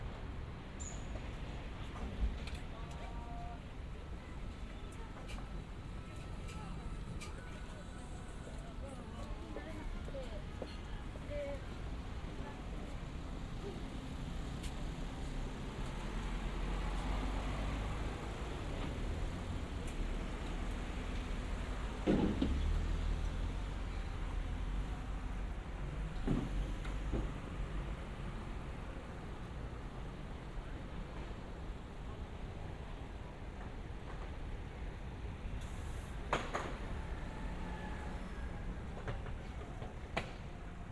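A walk through Shinbashi in Tokyo: a steady low rumble of traffic runs throughout, with passing vehicles and a train-like roar swelling around the middle. Faint voices mix in, and sharp clacks or thumps punctuate the noise near 22, 26 and 36 seconds.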